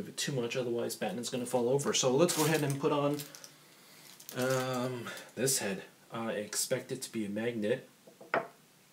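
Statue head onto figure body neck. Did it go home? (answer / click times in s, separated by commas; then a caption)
yes / 8.3 s. A person talks while fitting the head onto a Batman Premium Format Figure by Sideshow Collectibles, a polyresin collectible statue. At 8.3 s the head snaps onto the neck post of the figure's body with a single sharp click. It seats there, held by a magnet.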